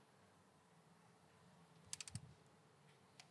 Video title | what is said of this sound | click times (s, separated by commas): How To Dial In The Perfect Stem Length - Part 1 of 3 (4k) | There's a click. | 1.9 s